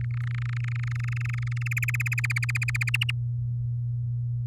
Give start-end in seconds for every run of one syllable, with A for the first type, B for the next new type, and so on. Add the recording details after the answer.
0.01-1.63 A, 1.66-2.90 B, 2.94-3.11 C. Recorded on 8 May 2018 at 12:44. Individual llb16